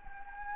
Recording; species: mosquito wingbeat signal from an infrared sensor; Anopheles gambiae